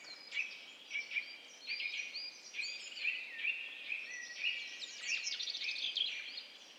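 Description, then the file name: Eurasian nuthatch producing softer, regularly spaced piping calls against a hiss of background noise and scattered higher chirps from other birds. "Sitta europaea"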